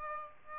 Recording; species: mosquito wingbeat signal from an infrared sensor; Aedes albopictus